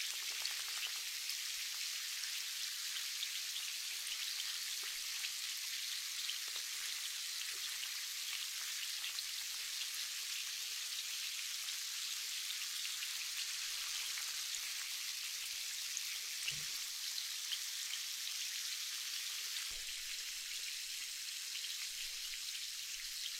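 Sparkling water fizzes steadily throughout, a dense, bright crackle of countless tiny bubbles popping with no pauses. The hiss stays even in level from start to finish. A brief soft low knock sounds around sixteen seconds, and the fizz shifts slightly near twenty.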